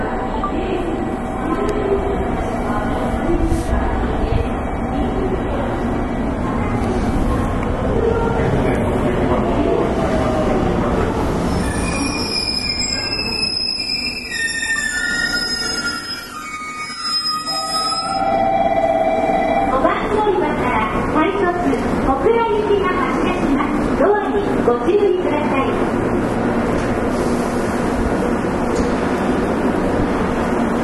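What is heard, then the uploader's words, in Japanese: Recorded aboard a rapid electric train on a main line, a steady low rumble of motor and wheels fills the cabin throughout. Around the middle, bright whining tones rise and shift as the motor changes pitch, and murmured voices sit faintly in the background. JR813系 博多から折尾まで。JR九州 813系電車の走行音です。鹿児島線の快速列車にて収録しました。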